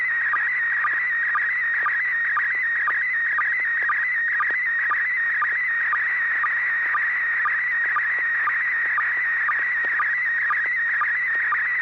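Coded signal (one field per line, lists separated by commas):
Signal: SSTV (slow-scan television)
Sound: warbling, chirping tone steadily shifting pitch, with a regular click-like dip about twice a second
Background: low steady hum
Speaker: so bob at six pgq do you have a picture ready to send go ahead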